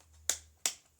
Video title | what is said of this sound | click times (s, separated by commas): HP Pavilion laptop repairs Hinge broken and replaced dissembling the laptop with easy tools. | when you hear the snapping, that's pretty much it. | 0.3 s, 0.7 s